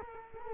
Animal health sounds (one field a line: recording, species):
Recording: mosquito wingbeat signal from an infrared sensor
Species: Culex quinquefasciatus